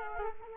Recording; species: mosquito wingbeat signal from an infrared sensor; Culex quinquefasciatus